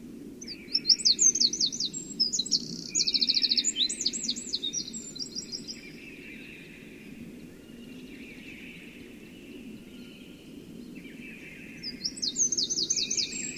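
Eurasian wren singing fast, high trills and rattles in a long song, then after a quiet gap another song starting at the end, over constant low background noise.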